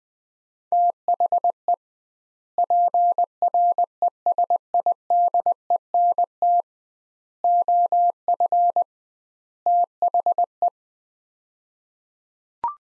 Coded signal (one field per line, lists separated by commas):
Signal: Morse code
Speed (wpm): 21 wpm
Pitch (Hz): 700 Hz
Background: none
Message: THE PRESIDENT OF THE